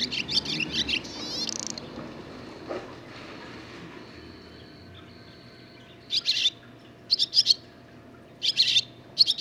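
Barn swallow twittering at the start, then a quiet stretch with a faint steady tone, and clustered chirp bursts returning after six seconds.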